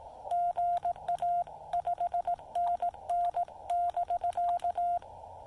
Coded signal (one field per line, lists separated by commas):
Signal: Morse code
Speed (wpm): 18 wpm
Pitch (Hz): 690 Hz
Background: none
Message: GA 5NN <BK>